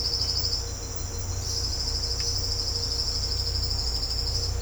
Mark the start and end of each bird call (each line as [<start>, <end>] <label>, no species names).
[1.38, 4.55] bird call